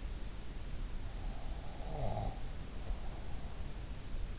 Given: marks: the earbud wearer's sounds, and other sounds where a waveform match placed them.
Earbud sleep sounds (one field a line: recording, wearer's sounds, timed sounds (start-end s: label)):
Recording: sounds in sleep by an in-ear microphone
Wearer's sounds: breath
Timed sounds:
0.97-4.33 s: breath